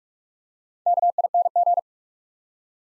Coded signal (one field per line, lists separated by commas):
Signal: Morse code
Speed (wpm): 44 wpm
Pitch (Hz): 700 Hz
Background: none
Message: KING